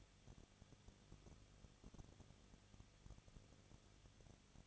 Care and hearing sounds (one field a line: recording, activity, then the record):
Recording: daily activity, microphone in the room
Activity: no activity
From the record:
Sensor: 4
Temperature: 23.1 degrees Celsius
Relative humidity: 34.3%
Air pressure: 1007.2 hPa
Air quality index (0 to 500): 216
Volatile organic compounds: 15 ppm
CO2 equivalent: 2500 ppm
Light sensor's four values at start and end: 2/3/1/1 and 2/3/1/1